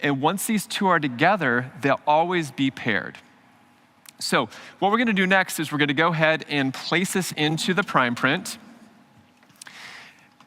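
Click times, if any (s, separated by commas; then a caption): 4.1 s. A color-coded resin material cartridge is inserted into its material unit and clicks into place at about 4.1 seconds, seating firmly. A man talks before and after the click, and a few small clicks and rustles follow near the end.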